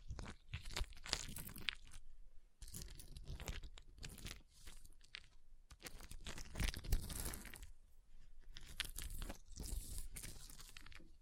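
Ice being scratched and carved, with dense, gritty crunching strokes that come in irregular bursts, some short and some lasting a second or more. Brief pauses break the scraping around the third, sixth and eighth seconds, and the harsh, bright grinding stays fairly even in loudness.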